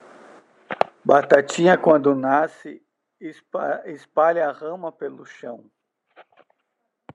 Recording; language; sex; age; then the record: short text; Brazilian Portuguese; male; 40 to 49 years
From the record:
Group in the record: control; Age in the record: 44 years